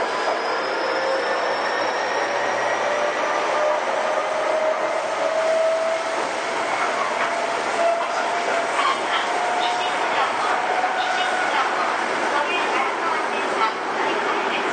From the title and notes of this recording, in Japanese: 都営6300形 西高島平ー神保町。車体は軽量ステンレス製車体であり、JR東日本の209系車両向けに開発された2シート貼り合わせ工法を採用している。